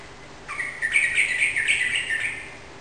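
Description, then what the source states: Yellow-vented bulbul giving one lively burst of song, a quick run of bubbling, warbled notes lasting about two seconds. Rapid continuous song style called ropel; bird recorded indoors in a room.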